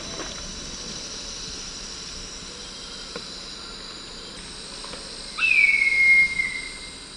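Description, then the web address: Slate-colored hawk giving a single loud, slightly descending whistled call lasting about a second, over a steady high insect drone. Recorded in the eastern lowlands of South America. "Natures Songs S America Eastern Lowlands. Slate-colored Hawk"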